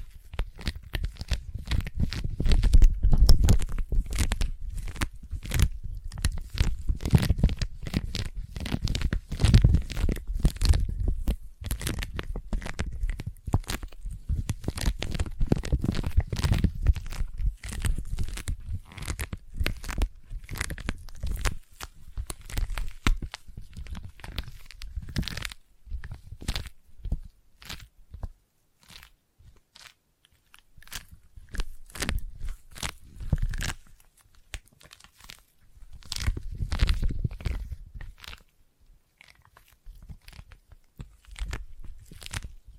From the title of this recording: Intense Sticky Tapping and Sticky Triggers